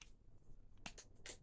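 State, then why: Seated. While transforming a Transformers Age of the Primes Voyager Class Armada Universe Red Alert plastic action figure, a stuck part is pushed home into its socket and clicks into place at 0.9 s with a sharp, bright snap. Further brief plastic clicks follow around 1.0 s and 1.3 s, and the part ends up seated.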